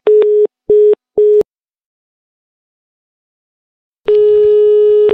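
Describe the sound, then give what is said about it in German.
A telephone busy tone after a call is hung up: three short, evenly spaced beeps of a steady mid-pitched tone, then a pause of silence before a longer continuous tone returns with some faint rustling underneath. “Ich lege jetzt auf.”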